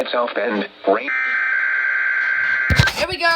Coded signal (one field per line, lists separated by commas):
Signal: Emergency Alert System (SAME) tones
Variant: header bursts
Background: speech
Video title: Required Weekly Test (EAS-8)